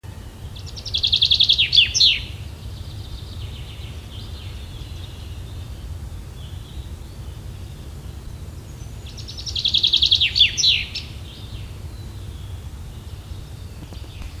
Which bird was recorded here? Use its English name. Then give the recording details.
Common Chaffinch. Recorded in the wild. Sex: male. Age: adult. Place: Schloß Holte-Stukenbrock, Senne, Nordrhein-Westfalen, DE. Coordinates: 51.87, 8.66556. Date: 1973-06-11. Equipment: Uher 4200 Report Stereo, Bändchenmikro Beyer M 260, Parabolspiegel Polyester (600 mm). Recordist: Conrads, Klaus. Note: Hof Benteler (Furlbach-Gebiet). Männchen: Gesang (Buchfink 61-11 - Bezeichnung des Autors)